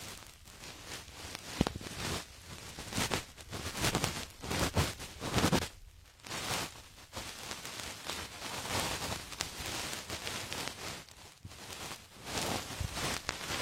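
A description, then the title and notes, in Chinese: A soft feather wand brushes against the ears, making dense, fizzy rustling strokes that swell and fade in quick, uneven waves. 温柔的鹅毛棒！耳朵清洁。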